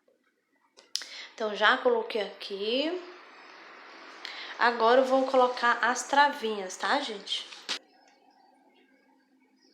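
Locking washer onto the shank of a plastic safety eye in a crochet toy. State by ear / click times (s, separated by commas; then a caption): not seated / none. A plastic locking washer is placed onto the shank of a plastic safety eye behind the crochet fabric of an amigurumi bunny and set in position before being pressed home. Someone talks throughout, with a few small handling taps near 0.8 s, 1.0 s and 4.3 s. Nothing has seated or clicked yet.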